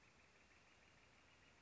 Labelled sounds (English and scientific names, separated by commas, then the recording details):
Northern Flicker (Colaptes auratus)
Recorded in Sonoma County, California